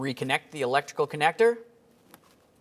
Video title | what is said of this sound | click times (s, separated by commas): How to Replace Front Wheel Bearing and Hub Assembly 2005-2010 Dodge Dakota | listen for a click from that give it a little tug to make sure that the connector is secured now | 2.1 s